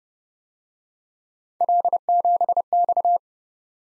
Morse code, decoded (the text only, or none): L7X